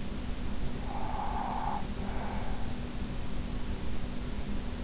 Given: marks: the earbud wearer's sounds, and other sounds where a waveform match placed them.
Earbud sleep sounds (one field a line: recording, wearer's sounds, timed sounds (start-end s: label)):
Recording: sounds in sleep by an in-ear microphone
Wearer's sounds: breath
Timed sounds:
0.69-3.24 s: breath